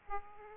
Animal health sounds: mosquito wingbeat signal from an infrared sensor; Aedes aegypti

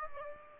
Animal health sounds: mosquito wingbeat signal from an infrared sensor; Aedes aegypti

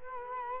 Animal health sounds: mosquito wingbeat signal from an infrared sensor; Culex quinquefasciatus

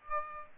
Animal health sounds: mosquito wingbeat signal from an infrared sensor; Aedes aegypti

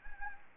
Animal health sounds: mosquito wingbeat signal from an infrared sensor; Anopheles gambiae

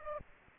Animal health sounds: mosquito wingbeat signal from an infrared sensor; Aedes aegypti

